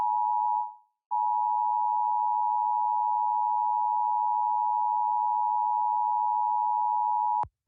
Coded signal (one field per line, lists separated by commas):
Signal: Emergency Alert System (SAME) tones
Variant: 853 and 960 Hz attention tone